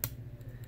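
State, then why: Seated. Plastic pegs on a Transformers Dark of the Moon Deluxe Thundercracker transforming action figure, lined up with their ports, are pushed together so the jet panels click into place. A sharp, satisfying snap is heard at 0.0 s, followed by a much fainter tick near 0.6 s over a low steady hum. The parts are seated.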